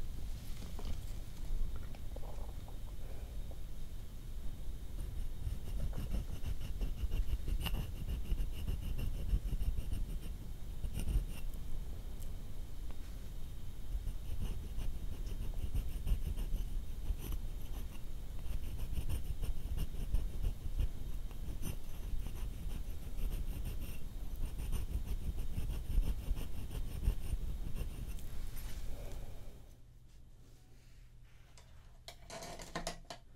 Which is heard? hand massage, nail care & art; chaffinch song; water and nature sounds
hand massage, nail care & art